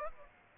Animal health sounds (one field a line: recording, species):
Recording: mosquito wingbeat signal from an infrared sensor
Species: Aedes aegypti